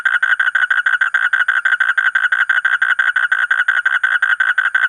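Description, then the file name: Asian common toad calling with a quick, steady series of harsh buzzy pulses. "suara kodok bangkong kolong kodok buduk"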